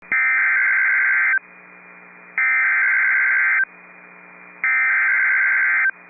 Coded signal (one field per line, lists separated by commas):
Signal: Emergency Alert System (SAME) tones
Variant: header bursts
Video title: Severe Thunderstorm Warning (Sioux, Morton, Grant, Emmons Counties, ND) (8/8/25) [EAS #252]